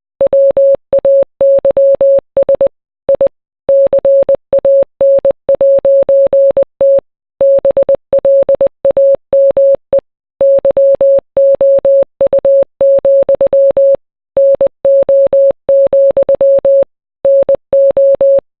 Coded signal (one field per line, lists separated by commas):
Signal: Morse code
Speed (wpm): 20 wpm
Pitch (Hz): 550 Hz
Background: none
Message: WAYS I CAN'T BLAME YOU, NO, NO